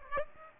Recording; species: mosquito wingbeat signal from an infrared sensor; Aedes aegypti